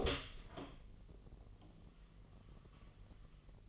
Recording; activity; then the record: daily activity, microphone in the room; open door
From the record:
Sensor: 4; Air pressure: 1002.3 hPa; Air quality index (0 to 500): 249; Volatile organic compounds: 41 ppm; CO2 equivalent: 3172 ppm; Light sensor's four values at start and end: 10/22/9/8 and 9/20/8/7